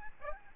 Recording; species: mosquito wingbeat signal from an infrared sensor; Aedes albopictus